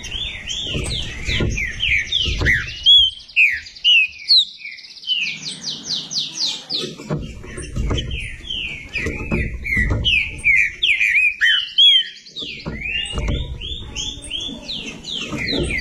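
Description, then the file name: Green-winged saltator song: dense, rapid sequences of sweeping whistled notes in bursts, with intermittent low thumping noises. "canto do trinca ferro"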